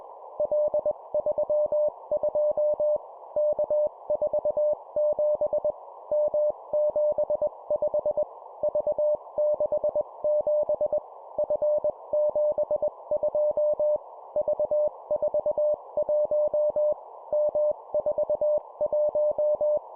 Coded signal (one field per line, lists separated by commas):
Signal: Morse code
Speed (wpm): 21 wpm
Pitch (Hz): 600 Hz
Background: none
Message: L32 K47 M75 V67 F72 V41 M41